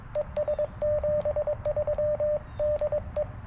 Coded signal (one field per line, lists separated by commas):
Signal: Morse code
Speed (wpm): 23 wpm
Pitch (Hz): 600 Hz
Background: radio noise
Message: ES 73 DE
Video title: Morning CW POTA with the FX-4CR